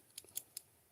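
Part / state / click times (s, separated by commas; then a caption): plastic piece onto another part of a building-block figure / not seated / none. A plastic piece is pressed onto another part of a Blokees Wave 8 Transformers building-block model kit figure. Short, bright plastic ticks are heard at about 0.2, 0.4 and 0.6 seconds, with a fainter one near 0.3 seconds. The piece does not snap on, and nothing has clicked into place.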